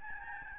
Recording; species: mosquito wingbeat signal from an infrared sensor; Aedes albopictus